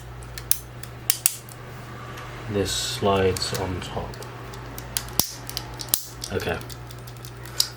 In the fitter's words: Just snaps into place.